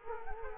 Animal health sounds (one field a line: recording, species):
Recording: mosquito wingbeat signal from an infrared sensor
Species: Culex quinquefasciatus